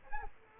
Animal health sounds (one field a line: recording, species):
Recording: mosquito wingbeat signal from an infrared sensor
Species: Culex quinquefasciatus